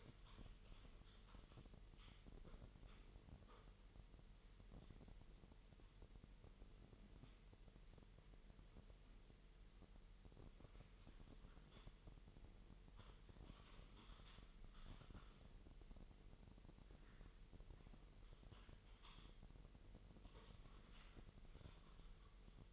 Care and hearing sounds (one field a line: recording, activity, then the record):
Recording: daily activity, microphone in the room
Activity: typing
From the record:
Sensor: 4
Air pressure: 1002.9 hPa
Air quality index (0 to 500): 248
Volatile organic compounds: 19 ppm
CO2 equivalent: 2652 ppm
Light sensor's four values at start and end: 5/12/4/5 and 5/12/4/5